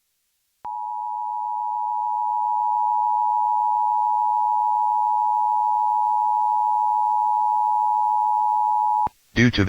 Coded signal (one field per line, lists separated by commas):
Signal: Emergency Alert System (SAME) tones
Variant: 853 and 960 Hz attention tone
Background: speech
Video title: EAS Evacuation Immediate From the Dixie Fire Northeastern California (Near Reno, Nevada)